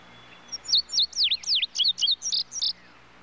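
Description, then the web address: Tudigo calling: a quick series of sharp, high whistled notes, several swooping steeply down then up, run together in a bright tumbling burst. Other birds calling in the background. "bird tudigo tudigo other birds in bg"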